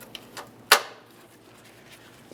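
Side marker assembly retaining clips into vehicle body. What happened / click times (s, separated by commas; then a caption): The plastic clips snapped into the body panel / 0.7 s. A plastic side marker assembly is pressed into the vehicle body, and its retaining clips snap into place with a sharp, bright click at 0.7 s. Two fainter ticks come before it, and quiet handling noise follows. The assembly is seated.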